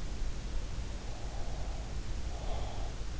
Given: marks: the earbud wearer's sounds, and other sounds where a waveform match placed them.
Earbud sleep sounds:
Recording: sounds in sleep by an in-ear microphone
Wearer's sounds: breath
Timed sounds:
0.91-3.04 s: breath

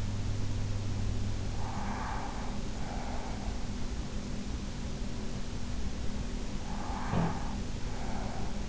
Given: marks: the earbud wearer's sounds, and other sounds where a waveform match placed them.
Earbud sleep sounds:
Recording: sounds in sleep by an in-ear microphone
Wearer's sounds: breath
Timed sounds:
1.44-3.66 s: breath
6.57-8.69 s: breath
6.87-7.51 s: sound from someone else or the room

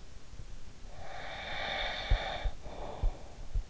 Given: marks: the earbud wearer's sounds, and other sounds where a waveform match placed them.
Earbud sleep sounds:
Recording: sounds in sleep by an in-ear microphone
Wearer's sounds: breath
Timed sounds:
0.43-3.42 s: breath

